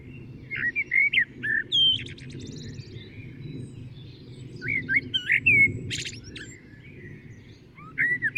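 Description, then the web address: Common blackbird giving broken fragments of fluted song with brief high twitters, against steady low background noise. "SETE Turdus merula"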